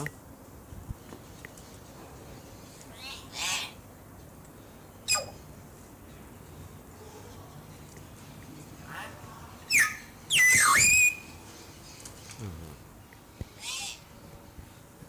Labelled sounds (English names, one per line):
Common Hill Myna call